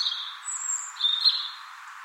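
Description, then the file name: European robin giving thin, high whistled phrases: a lower note, a long clear note near the top, then a lower warbling twitter, with steady background hiss. "Erithacus rubecula"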